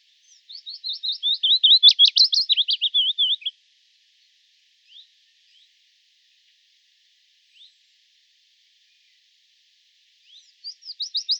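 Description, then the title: Willow warbler song: one full descending cascade of whistled notes, then a quiet pause with a few faint single notes, before the next phrase begins. "Sylvain Jaskowiak - Mes piafs. Pouillot fitis"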